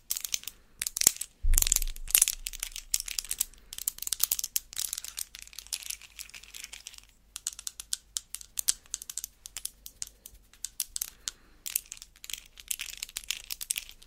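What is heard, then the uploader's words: Long fingernails clack and tap rapidly against a hard surface, a dense, uneven stream of sharp, bright clicks. A louder burst of clattering comes near the start, with a low thud around 1.5 seconds, then the tapping continues steadily. Asmr extra long nail clacking.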